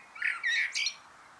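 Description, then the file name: Eurasian blackbird song fragment: a short fluted phrase with a quick, high squeaky flourish. "Turdus merula"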